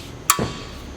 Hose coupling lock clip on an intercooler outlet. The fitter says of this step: and that is the fully locked position